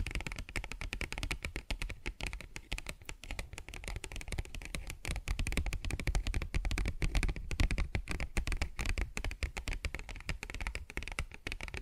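Paper bag being tapped and scratched in a steady, busy stream of crisp little hits and rustles, many per second, with no real pauses. The sound is dry and papery, with a low thumpy undertone beneath the brighter crackle, and the level stays fairly even throughout.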